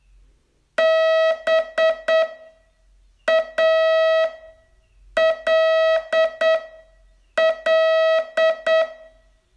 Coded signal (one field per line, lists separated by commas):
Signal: Morse code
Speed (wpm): 8 wpm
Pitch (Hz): 650 Hz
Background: none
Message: BALL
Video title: Learn Morse in 42 Days from VU2LAU - day 25 test